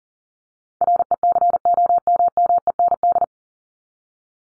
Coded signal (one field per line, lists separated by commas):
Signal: Morse code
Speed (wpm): 40 wpm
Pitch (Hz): 700 Hz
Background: none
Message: RECOMMEND